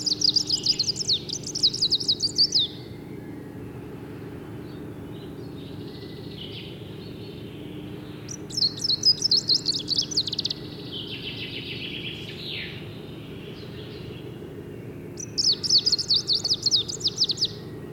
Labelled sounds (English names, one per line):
Greenish Warbler song